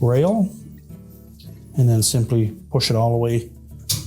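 A plastic rack stop is being pushed onto the end of a GE dishwasher's upper rack rail while someone talks, with faint steady tones underneath. Nothing has seated or clicked yet; the stop is still being handled and has not snapped into place.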